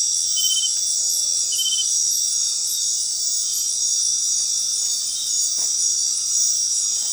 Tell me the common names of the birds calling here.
none